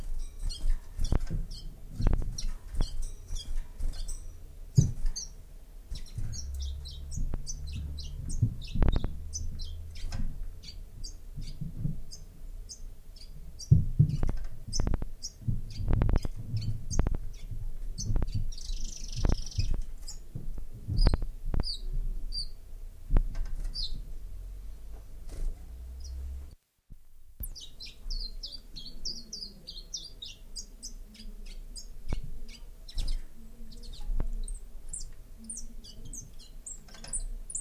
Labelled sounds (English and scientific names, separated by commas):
Common Chiffchaff (Phylloscopus collybita) song